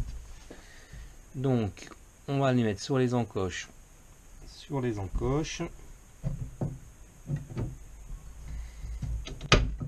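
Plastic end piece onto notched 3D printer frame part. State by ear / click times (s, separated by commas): seated / 9.5 s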